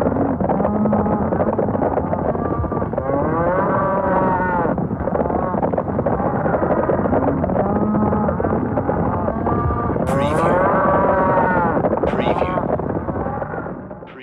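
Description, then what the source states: Cattle herd bellowing and mooing without pause, overlapping drawn-out calls over a constant loud rumble, fading at the end. Cattle stampede.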